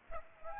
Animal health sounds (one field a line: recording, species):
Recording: mosquito wingbeat signal from an infrared sensor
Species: Aedes aegypti